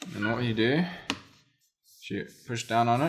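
Someone talks while pushing down on the bottom cover of an Asus Zephyrus S GX531GWR laptop to engage its clips into the laptop chassis, with a brief sharp tick near the middle. The cover is handled but not yet home, and nothing has seated or clicked yet.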